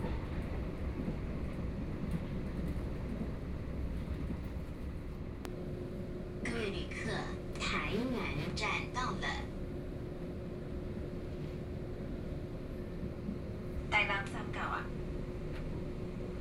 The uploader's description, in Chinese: 自強號抵達台南